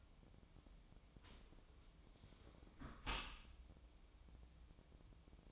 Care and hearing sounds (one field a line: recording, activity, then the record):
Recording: daily activity, microphone in the room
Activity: close dishwasher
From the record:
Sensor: 1